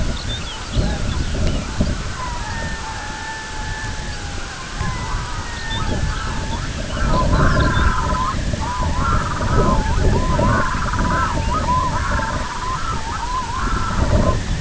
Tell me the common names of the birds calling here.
Lapland Longspur, Snow Goose, Red-throated Loon